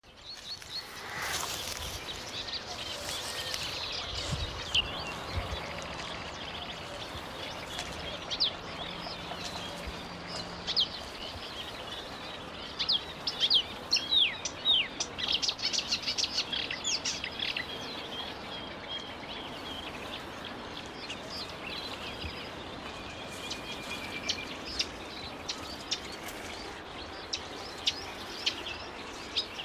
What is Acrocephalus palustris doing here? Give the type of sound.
song